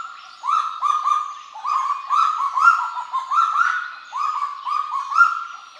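Kagu calls: a rapid series of rising, slurred, harmonic-rich notes, closely spaced and irregular, sometimes overlapping.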